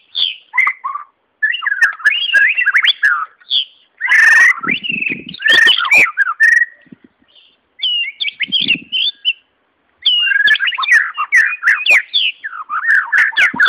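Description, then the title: White-rumped shama singing loud, varied whistles and warbled phrases with harsh clicking notes, in several bursts broken by brief silences. Natural song in forest. "Kicau Asli Murai Batu Hutan"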